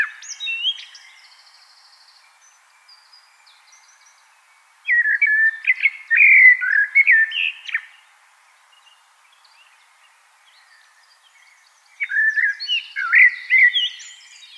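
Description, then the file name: Common blackbird song in separate phrases: rich, fluty warbles sliding up and down with high, scratchy squeaks, and silent gaps between. "Turdus merula"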